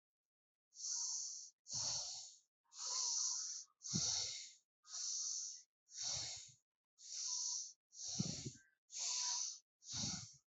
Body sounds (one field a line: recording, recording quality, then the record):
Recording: deep breathing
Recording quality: excellent, no background noise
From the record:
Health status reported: healthy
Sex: male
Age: 29 years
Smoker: yes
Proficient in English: yes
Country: India